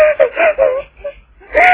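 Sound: woman crying and sobbing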